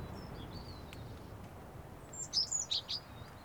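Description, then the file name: European robin song: faint high thin whistles early on, then a short burst of bright, high twittering notes near the end, against steady low background noise. Recorded 29 November 2015. "Erithacus rubecula 291115"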